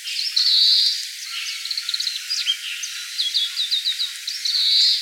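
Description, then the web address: Grey-capped greenfinch calling: a drawn-out nasal buzz opens and closes the passage, with twittering chirps and a quick run of evenly spaced notes between. Recorded 19 February 2015. "birdenaga kawarahiwa"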